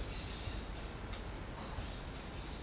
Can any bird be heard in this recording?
no